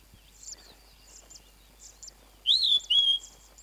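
Flappet lark delivering a single clear two-note whistle near the end, the first note swooping, the second lower and drawn out, amid faint high ticks.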